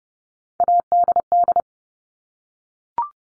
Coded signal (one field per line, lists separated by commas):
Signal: Morse code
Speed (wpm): 30 wpm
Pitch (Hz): 700 Hz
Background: none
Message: ADD